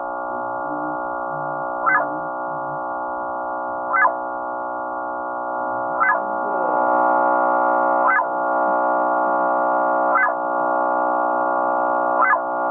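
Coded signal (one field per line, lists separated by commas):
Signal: none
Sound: synth music notes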